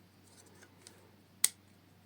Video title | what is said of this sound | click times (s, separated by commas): Fan Sesi Nasıl Giderilir? #shorts #bilgisayar #fan | Bunları da oturturuyoruz. Tam oturmuyor benimkiler. | 1.4 s